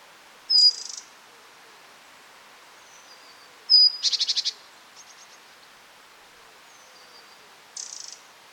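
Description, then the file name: Great tit calls: a sharp high note with buzzy rasp, then a longer rattling churr of rapid notes, and a fainter churr near the end. "Parus major"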